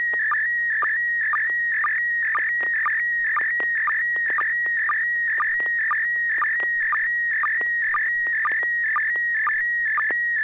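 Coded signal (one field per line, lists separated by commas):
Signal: SSTV (slow-scan television)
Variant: PD120 mode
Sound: warbling high tone with steady ticking dips about twice a second throughout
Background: low hum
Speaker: well, this should be PD 120.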